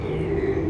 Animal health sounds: contact call of a hoofed animal; pig; closed-mouth grunt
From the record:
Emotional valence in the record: negative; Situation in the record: short social isolation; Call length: 0.71 s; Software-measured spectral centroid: 1080 Hz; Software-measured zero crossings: 810 a second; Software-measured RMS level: -24 dBFS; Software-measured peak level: -13 dBFS

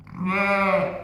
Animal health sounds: contact call of a hoofed animal; sheep; low-frequency (closed-mouth) or high-frequency (open-mouth) call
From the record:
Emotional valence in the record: negative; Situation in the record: short social isolation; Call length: 1.04 s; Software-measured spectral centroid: 1710 Hz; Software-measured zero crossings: 1710 a second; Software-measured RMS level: -23 dBFS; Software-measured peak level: -10 dBFS

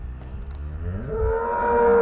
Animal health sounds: contact call of a hoofed animal; cattle; low-frequency (closed-mouth) or high-frequency (open-mouth) call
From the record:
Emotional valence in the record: negative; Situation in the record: full separation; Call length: 2.1 s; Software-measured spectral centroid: 910 Hz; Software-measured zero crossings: 780 a second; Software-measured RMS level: -22 dBFS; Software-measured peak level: -9 dBFS

